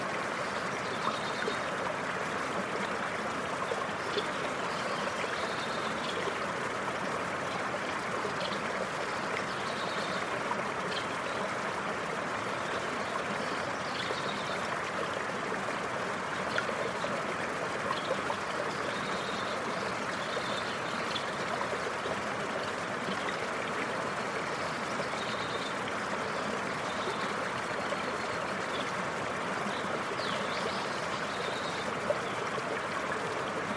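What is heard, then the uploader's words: A creek rushes steadily and densely throughout, an even wash of water with brighter splashing flecks recurring every second or two. This recording is actually two ambisonic recordings put together. One ambisonic recording of Catamount Creek in 'The Garden Of Eden'. Captured July 2021. Sennheiser AMBEO VR.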